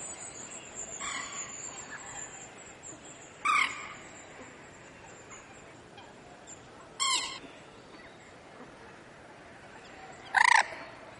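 Common moorhen giving several sharp, abrupt calls at spaced intervals, over a steady hiss and a thin, high continuous tone.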